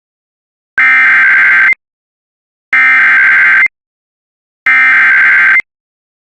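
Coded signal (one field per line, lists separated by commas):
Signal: Emergency Alert System (SAME) tones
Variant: header bursts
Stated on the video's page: Real alerts, partly from radio station audio supplied by others.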